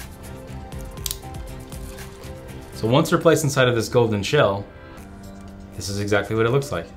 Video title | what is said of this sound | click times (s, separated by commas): VLOG: How is a Wafer Connector Different from a Circular Connector? | we'll do that by very carefully placing in the Wafers until we hear a small click so | 1.1 s